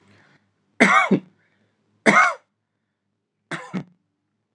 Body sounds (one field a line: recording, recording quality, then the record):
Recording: heavy voluntary cough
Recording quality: excellent, no background noise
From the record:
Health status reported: healthy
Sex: male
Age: 27 years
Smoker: yes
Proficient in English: yes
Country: India